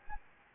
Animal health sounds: mosquito wingbeat signal from an infrared sensor; Anopheles gambiae

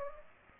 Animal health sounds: mosquito wingbeat signal from an infrared sensor; Aedes aegypti

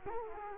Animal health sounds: mosquito wingbeat signal from an infrared sensor; Culex quinquefasciatus

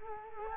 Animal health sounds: mosquito wingbeat signal from an infrared sensor; Culex quinquefasciatus

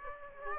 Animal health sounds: mosquito wingbeat signal from an infrared sensor; Aedes aegypti

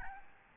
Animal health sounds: mosquito wingbeat signal from an infrared sensor; Aedes albopictus

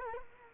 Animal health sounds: mosquito wingbeat signal from an infrared sensor; Culex quinquefasciatus

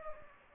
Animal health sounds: mosquito wingbeat signal from an infrared sensor; Anopheles gambiae

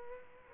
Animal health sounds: mosquito wingbeat signal from an infrared sensor; Culex quinquefasciatus

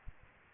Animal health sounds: mosquito wingbeat signal from an infrared sensor; Aedes aegypti

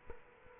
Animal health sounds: mosquito wingbeat signal from an infrared sensor; Culex quinquefasciatus

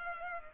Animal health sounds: mosquito wingbeat signal from an infrared sensor; Culex pipiens

